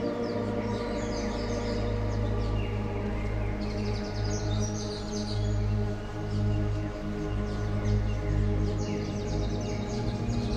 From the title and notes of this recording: Birds in Japan with Binaural Beats. Birds of Japan in this mix of relaxing jungle sounds and binaural beats.